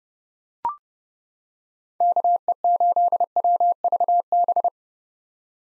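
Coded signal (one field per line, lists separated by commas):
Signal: Morse code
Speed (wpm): 32 wpm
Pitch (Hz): 700 Hz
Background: none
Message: KE8WVB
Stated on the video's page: Head-copy drill of common POTA activator call signs sent at 30 wpm, each sent in Morse, spoken, then sent again.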